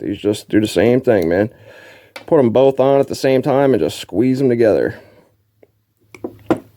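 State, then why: Seated. Someone talks while two greased dust seal caps are placed on both sides of a 250R ATV rear shock linkage pivot bearing and squeezed together by hand. After the talking stops, faint ticks lead into two sharp clicks at 6.2 s and 6.5 s as the caps snap on with a positive engagement, seated.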